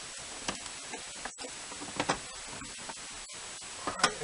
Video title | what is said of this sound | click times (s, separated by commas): vw 73 super beetle 1 din radio install | there's the left side I Heard It Go click | 4.0 s